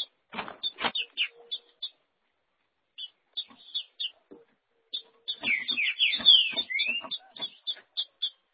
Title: Trinca Ferro